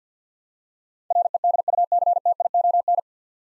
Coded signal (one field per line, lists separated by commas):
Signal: Morse code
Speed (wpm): 46 wpm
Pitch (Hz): 700 Hz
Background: none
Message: REDUCTION